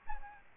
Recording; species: mosquito wingbeat signal from an infrared sensor; Aedes albopictus